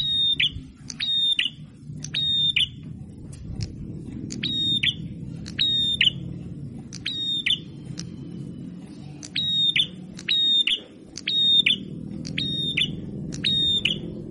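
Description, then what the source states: Prinia producing a long series of clicked, buzzy, level-pitched notes about once a second, with a short gap midway, over a low background hum. Masteran training recording of a red-headed prenjak (prinia) in full song (gacor).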